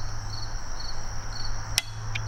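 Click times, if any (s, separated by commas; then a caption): 1.8 s. A torque wrench set to 18 tightens a metal screw into a metal scope mount ring on a rifle scope. Over a steady background hum and insect-like chirping, the wrench gives a sharp click at 1.8 s as it reaches the set value, followed by a fainter tick at 2.2 s.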